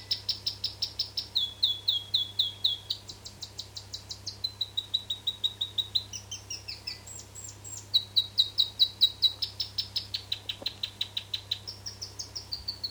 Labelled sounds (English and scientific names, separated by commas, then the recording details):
South Island Robin (Petroica australis)
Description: New Zealand robin/toutouwai song
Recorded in New Zealand